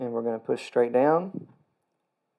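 A memory module is being pressed straight down into a motherboard DIMM slot. Someone talks briefly, then the sound stops and silence follows. Nothing has seated or clicked yet.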